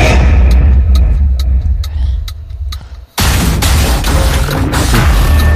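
Deep, heavy rumbling with a series of sharp, evenly spaced bangs, then a sudden loud roaring blast that erupts and keeps raging, like movie-trailer explosions, with no one speaking.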